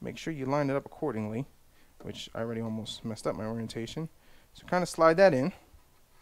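A man talks while lining up the orientation of a connector and starting to slide it into the lower slot of an HP Z240 PC case. Only his voice is heard. The clip ends before the part goes home, and nothing has seated or clicked yet.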